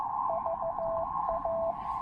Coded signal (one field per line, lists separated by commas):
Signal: Morse code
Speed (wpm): 15 wpm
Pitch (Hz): 660 Hz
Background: none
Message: VA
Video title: Breaking in my new-to-me Elecraft K2 and CW Morse N0SA SP4 precision paddles!